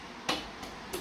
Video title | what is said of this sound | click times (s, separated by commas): DUALTRON MINI, CREVAISONS RECURRENTES SOLUTION ! | et ainsi de le faire entrer. Voilà, clac, vous entendez un clac. | 0.3 s